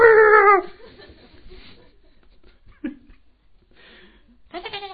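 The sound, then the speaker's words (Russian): A voice imitates a small dog whimpering: a loud, high, wavering whine at the start, a single short yelp midway, then another burst of whiny whimpers at the end. “Видите, как собачек? Забегает за кого-то.”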